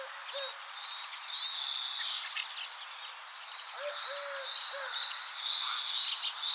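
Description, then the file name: European greenfinch, two long buzzy wheezes about four seconds apart, with scattered thin chirps and a few low, soft hooting notes, one at the start and the rest in between. "Chloris chloris"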